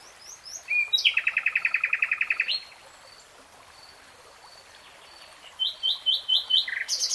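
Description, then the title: Nightingale song: a fast buzzy rattle of repeated notes, a pause with faint high notes, then a run of sharp chirps. Recorded in real time. "[Tiếng chim hót] 3 Hours REALTIME Nightingale Singing"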